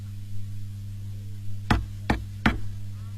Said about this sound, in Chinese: 沙僧来到寨门口，见大门紧闭，忙上前敲门